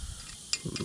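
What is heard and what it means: A powered driver at about 55 ft-lb runs a screw into a Garmin Panoptix Livescope transducer pole and perspective mount, with low mechanical whirring throughout. A sharp ratcheting crack at 0.5 s, followed by a second at 0.8 s, marks the driver overpowering the screw. The screw is stripped and will not be reused.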